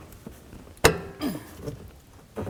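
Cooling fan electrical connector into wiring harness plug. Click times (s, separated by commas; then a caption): 0.9 s. On a 2013–2018 Dodge Ram 1500, the driver-side radiator cooling fan assembly's plastic wiring connector is lined up and slid into its mating wiring harness plug. A sharp, bright click comes at 0.9 s, followed by softer rustling and handling noises around 1.2 s and 2.4 s. The connector clicks in and is seated.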